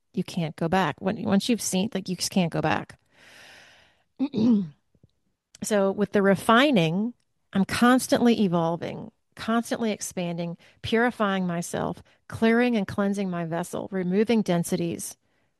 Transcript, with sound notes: You can't go back. On- once you've seen, it's like you just can't go back. (clears throat) So with the refining, I'm constantly evolving, constantly expanding, purifying myself, clearing and cleansing my vessel, removing densities.